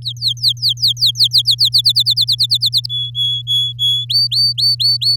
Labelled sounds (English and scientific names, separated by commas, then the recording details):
Domestic Canary (Serinus canaria) song
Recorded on 8 May 2018 at 12:46
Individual llb16